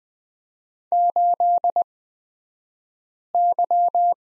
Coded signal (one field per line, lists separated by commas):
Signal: Morse code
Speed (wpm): 20 wpm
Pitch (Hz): 700 Hz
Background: none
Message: 8Y